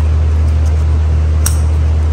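A plastic wiring harness connector is pushed onto an ignition coil of a 2014-2021 Mazda 6 after being checked for debris, over a steady low hum. A single sharp click at 1.5 s marks the connector seating, and it is confirmed good.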